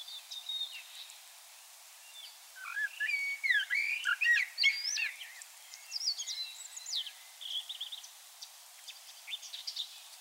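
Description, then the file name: Common blackbird singing a jumble of varied whistled notes, some sliding up and down, loudest in the middle, with softer high twitters before and after. "Turdus merula"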